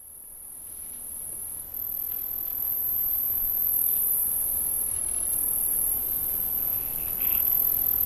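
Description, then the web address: Crickets in a steady, very high-pitched continuous trilling chorus that swells slightly in loudness, over a low rumbling background. "montana 2000 Crickets"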